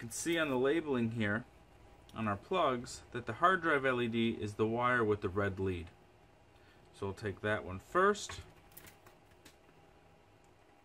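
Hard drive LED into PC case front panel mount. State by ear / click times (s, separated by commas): seated / 8.8 s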